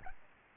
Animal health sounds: mosquito wingbeat signal from an infrared sensor; Aedes albopictus

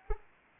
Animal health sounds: mosquito wingbeat signal from an infrared sensor; Anopheles arabiensis

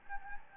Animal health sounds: mosquito wingbeat signal from an infrared sensor; Anopheles gambiae

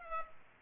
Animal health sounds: mosquito wingbeat signal from an infrared sensor; Culex pipiens

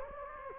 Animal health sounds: mosquito wingbeat signal from an infrared sensor; Anopheles gambiae

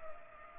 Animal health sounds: mosquito wingbeat signal from an infrared sensor; Culex pipiens

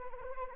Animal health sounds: mosquito wingbeat signal from an infrared sensor; Anopheles arabiensis

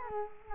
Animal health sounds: mosquito wingbeat signal from an infrared sensor; Culex quinquefasciatus

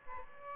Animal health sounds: mosquito wingbeat signal from an infrared sensor; Aedes albopictus

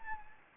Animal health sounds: mosquito wingbeat signal from an infrared sensor; Anopheles gambiae

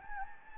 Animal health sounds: mosquito wingbeat signal from an infrared sensor; Anopheles gambiae

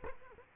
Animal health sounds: mosquito wingbeat signal from an infrared sensor; Culex quinquefasciatus

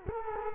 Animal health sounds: mosquito wingbeat signal from an infrared sensor; Culex quinquefasciatus

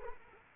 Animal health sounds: mosquito wingbeat signal from an infrared sensor; Aedes aegypti

